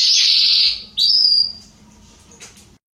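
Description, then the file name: Belgian canary song: a loud, high buzzy roll held for most of a second, then a short sharp whistled note that fades away. "canto do canario belga salsa"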